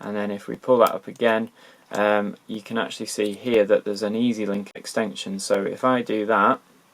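The steel Easy Link extension link on the clasp of a Rolex Explorer 214270 39mm watch bracelet is handled while someone talks throughout. Nothing has seated or clicked yet; the clip ends just before the link snaps into place.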